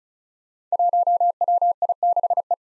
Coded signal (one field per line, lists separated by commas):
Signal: Morse code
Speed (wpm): 36 wpm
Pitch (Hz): 700 Hz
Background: none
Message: 1WI6E